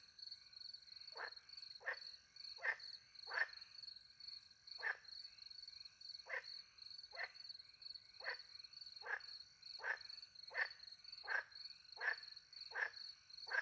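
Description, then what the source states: Frog giving a long run of short harsh croaks at short, slightly irregular intervals, with constant high-pitched cricket chirping behind. Frogs with crickets, countryside by night near a little pond, France; microphones hidden in a tree, two Usi pro mics into a Mixpre 10 II recorder.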